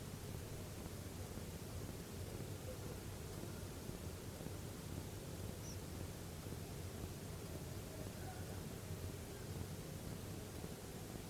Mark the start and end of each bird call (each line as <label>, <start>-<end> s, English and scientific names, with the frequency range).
Tree Pipit (Anthus trivialis) (4.7-6.3 kHz), 5.62-5.77 s